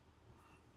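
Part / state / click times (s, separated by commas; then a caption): connector or clip on the motorcycle wiring / not seated / none. During a Stage 2 build on a 2025 Road Glide 117 motorcycle, a wiring connector or clip is handled and pushed toward its mount. Only a steady, quiet background hiss with a low rumble is heard, with no sharp hits. Nothing has seated or clicked yet.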